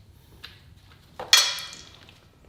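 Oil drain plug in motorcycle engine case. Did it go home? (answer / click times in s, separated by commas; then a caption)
released / 1.3 s. A metal oil drain plug is turned out by finger over its last turns from the engine case of a Victory V-twin motorcycle, then quickly pulled away so the oil does not get on the hand. A faint tick at 0.4 s and a short rattle at 1.2 s lead to a sharp, bright metallic click at 1.3 s that rings and fades over about half a second, followed by a few faint ticks. The plug clicks free of its thread at 1.3 s and comes out.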